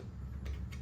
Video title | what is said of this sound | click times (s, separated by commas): Yeehaw! Another Grail item acquired. GI Joe Classified Series Haslab Dragonfly Review | like that, and it clicks right into place. | 0.5 s, 0.7 s